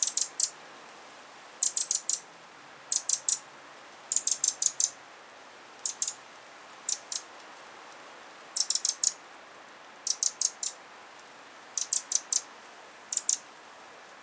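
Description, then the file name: Eurasian wren calling with hard, dry ticks in quick bursts of two to four, repeated about every one to two seconds over a faint steady hiss. "Troglodytes troglodytes"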